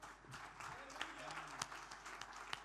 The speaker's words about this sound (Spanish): A ellos les damos dar un fuerte aplauso de alabanza.